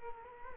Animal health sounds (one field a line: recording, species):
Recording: mosquito wingbeat signal from an infrared sensor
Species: Culex quinquefasciatus